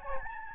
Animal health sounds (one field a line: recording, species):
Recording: mosquito wingbeat signal from an infrared sensor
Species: Aedes albopictus